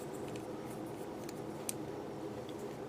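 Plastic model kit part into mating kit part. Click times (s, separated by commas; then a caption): 1.7 s. A small plastic part from a snap-fit plastic model kit is pressed onto its mating kit part during assembly. Faint handling ticks come at about 0.4 s and 1.3 s over a steady low hum, then a sharp, bright snap at 1.7 s marks the part seating into place.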